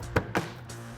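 A plastic trim panel near the headlight of a 2015-2017 F-150 truck front end is pried back with a trim tool, and its snap-in clips pop loose. Two sharp snaps are heard at 0.2 s and 0.4 s, followed by a softer, quieter rustle around 0.7 s. The trim panel clips are released.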